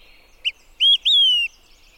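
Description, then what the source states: Olive-sided Flycatcher song, a short clipped note followed by a rising whistle and a long, slowly falling whistled note, with a quiet background. Song rendered as 'quick three beers'.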